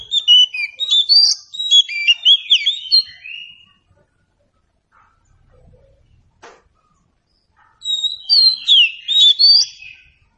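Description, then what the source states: Oriental Magpie-Robin song with a dense burst of bright, twisting whistles and chirps, a long quiet gap, then another loud varied phrase. Meant to prompt a bird to sing in reply.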